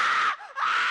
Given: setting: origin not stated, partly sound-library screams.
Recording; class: one-second piece from a danger detection set; woman in danger